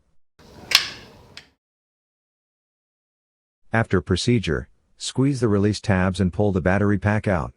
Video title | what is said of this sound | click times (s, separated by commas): iReach Magnum Video In service | insert an audible click can be heard and the battery light will light up | 0.8 s